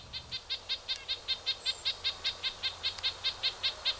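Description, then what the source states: Red-breasted Nuthatch giving a steady series of short, high nasal notes, rapid and evenly spaced throughout. Visiting the Ozarks from last fall through winter into spring; usually stays far north in spruce and fir forests.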